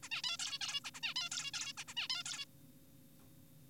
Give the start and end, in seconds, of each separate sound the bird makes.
0.03-0.09, 0.11-0.22, 0.24-0.37, 0.39-0.59, 0.61-0.80, 0.85-0.91, 0.95-1.01, 1.03-1.14, 1.16-1.29, 1.32-1.51, 1.54-1.73, 1.77-1.84, 1.88-1.94, 1.97-2.08, 2.10-2.23, 2.26-2.45